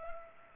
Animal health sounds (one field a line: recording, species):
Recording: mosquito wingbeat signal from an infrared sensor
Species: Culex pipiens